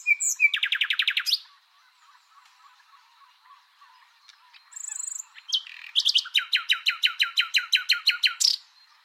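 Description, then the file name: Common nightingale song: a fast run of repeated notes, a pause with a thin high whistle, then a long rattling series of rapid repeated notes. "Luscinia megarhynchos"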